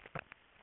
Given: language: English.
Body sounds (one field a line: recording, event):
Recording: throat vibration sensor signal played as sound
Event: swallow